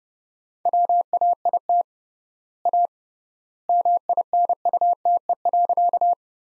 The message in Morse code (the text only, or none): WAIT A MINUTE.